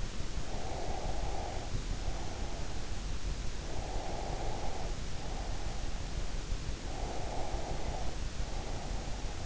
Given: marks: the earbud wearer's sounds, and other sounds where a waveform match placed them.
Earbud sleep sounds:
sounds in sleep by an in-ear microphone; breath
0.38-2.87 s: breath
3.73-6.15 s: breath
6.88-9.46 s: breath

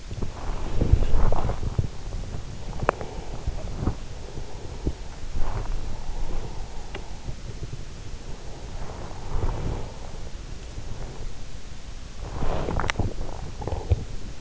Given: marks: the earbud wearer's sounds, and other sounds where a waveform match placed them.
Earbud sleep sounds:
sounds in sleep by an in-ear microphone; body movement, breath
0.00-14.41 s: body movement
2.58-5.03 s: breath
5.59-7.81 s: breath
8.70-11.40 s: breath

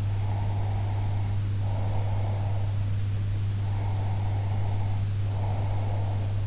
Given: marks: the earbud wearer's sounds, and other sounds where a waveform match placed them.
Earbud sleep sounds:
sounds in sleep by an in-ear microphone; breath
0.05-2.85 s: breath
3.63-6.43 s: breath

